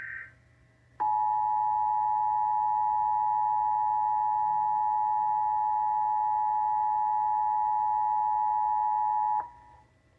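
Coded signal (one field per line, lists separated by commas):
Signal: Emergency Alert System (SAME) tones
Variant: 853 and 960 Hz attention tone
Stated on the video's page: Statewide Tennessee Required Monthly Test from Civil Authorities, received and retransmitted; recorded partly via a resurrected late-1970s Panasonic Quintrix II television.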